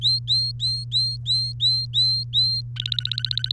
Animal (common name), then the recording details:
Domestic Canary. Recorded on 3 May 2018 at 10:34. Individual llb3